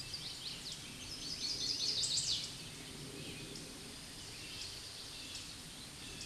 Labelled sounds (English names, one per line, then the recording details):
Chestnut-sided Warbler song
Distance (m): 30 m
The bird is about 15 m above the microphone
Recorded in a Pennsylvania forest on 16 May 2024 at 09:33
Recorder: AudioMoth, point MSD-2417
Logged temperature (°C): 16.4 °C
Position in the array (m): 80 m, 63 m